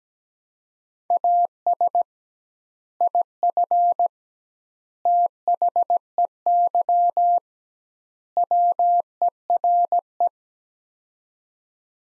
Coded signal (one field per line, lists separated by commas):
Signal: Morse code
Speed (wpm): 17 wpm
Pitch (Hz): 700 Hz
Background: none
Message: AS IF THEY WERE